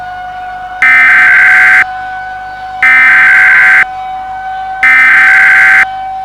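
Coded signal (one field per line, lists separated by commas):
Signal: Emergency Alert System (SAME) tones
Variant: header bursts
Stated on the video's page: Fictional EAS scenario.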